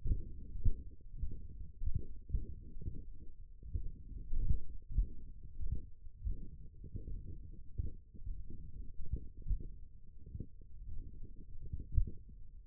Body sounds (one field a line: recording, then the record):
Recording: forearm muscle sounds (acoustic myography)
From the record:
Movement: tripod grip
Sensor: system 1, eight BSWA MPA416 microphones around the upper forearm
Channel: 3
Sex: male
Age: 21 years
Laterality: right